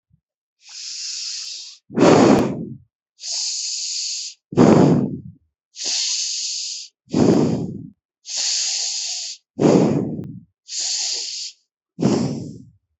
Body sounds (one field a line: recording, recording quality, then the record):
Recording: deep breathing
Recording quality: excellent, no background noise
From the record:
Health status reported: healthy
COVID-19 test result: not tested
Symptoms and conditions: none ticked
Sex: female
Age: 27 years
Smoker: not ticked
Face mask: not worn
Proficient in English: yes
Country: India